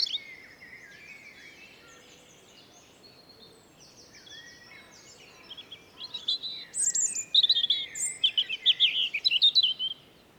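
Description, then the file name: European robin: faint thin notes at first, then a loud burst of sweet, tumbling high warbles and trills with sudden pitch shifts. "Erithacus rubecula"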